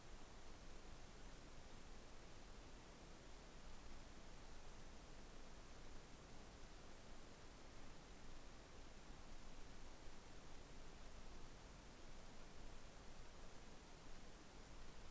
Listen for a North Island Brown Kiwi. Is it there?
no